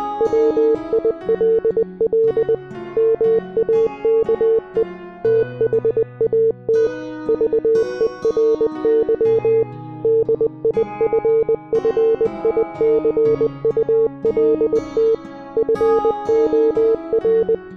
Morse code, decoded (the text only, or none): WILL MAKE THAT VERY DIFFICULT FOR